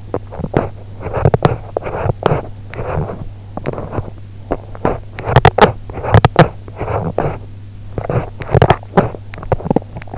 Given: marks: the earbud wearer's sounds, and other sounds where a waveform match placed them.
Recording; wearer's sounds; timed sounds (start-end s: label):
sounds in sleep by an in-ear microphone; teeth grinding
0.00-10.18 s: teeth grinding